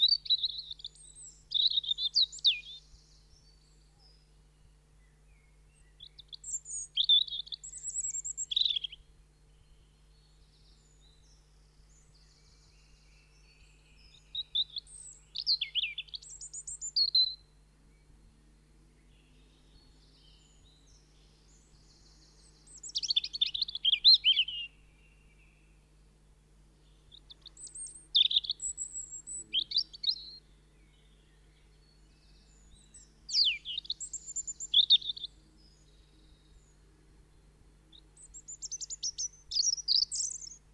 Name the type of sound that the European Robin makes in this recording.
song